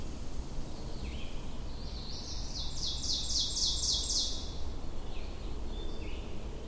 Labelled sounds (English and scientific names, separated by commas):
Ovenbird (Seiurus aurocapilla) song